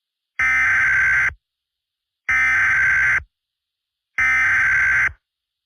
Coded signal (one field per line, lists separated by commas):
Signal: Emergency Alert System (SAME) tones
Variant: header bursts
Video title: EAS MOCK For Flash Flood Warning